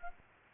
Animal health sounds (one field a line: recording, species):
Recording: mosquito wingbeat signal from an infrared sensor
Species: Aedes aegypti